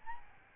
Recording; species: mosquito wingbeat signal from an infrared sensor; Aedes albopictus